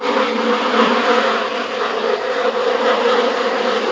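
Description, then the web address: Bees buzzing in a dense, unbroken hum with steady low drone bands, the sound holding evenly throughout with no pauses. "anasyn caracalla thesis mcderm imp bees"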